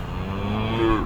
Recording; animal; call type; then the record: contact call of a hoofed animal; cattle; low-frequency (closed-mouth) or high-frequency (open-mouth) call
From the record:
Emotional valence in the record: negative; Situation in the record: full separation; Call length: 1.06 s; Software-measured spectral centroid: 1480 Hz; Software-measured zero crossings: 1230 a second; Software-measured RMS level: -24 dBFS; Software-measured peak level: -7 dBFS